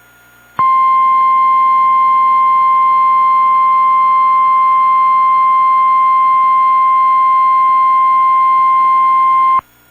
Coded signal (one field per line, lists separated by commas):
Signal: Emergency Alert System (SAME) tones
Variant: 1050 Hz attention tone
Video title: Trouble Brews In Louisiana... | EAS Alerts from 12/13/2022 (EAS #2046-2050)